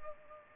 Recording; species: mosquito wingbeat signal from an infrared sensor; Culex pipiens